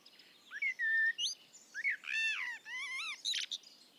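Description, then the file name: Common blackbird singing a varied run of low, rich whistled notes, some sliding up and down, followed by a brief squeaky high flourish; faint background hiss throughout. "Turdus merula"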